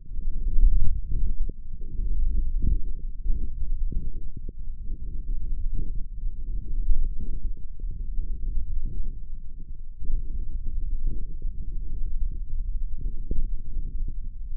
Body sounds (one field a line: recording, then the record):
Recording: forearm muscle sounds (acoustic myography)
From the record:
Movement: thumb flexion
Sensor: system 1, eight BSWA MPA416 microphones around the upper forearm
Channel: 5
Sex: male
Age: 18 years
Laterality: right